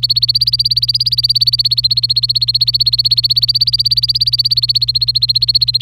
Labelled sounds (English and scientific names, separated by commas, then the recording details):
Domestic Canary (Serinus canaria) song
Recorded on 26 April 2018 at 11:29
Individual llb3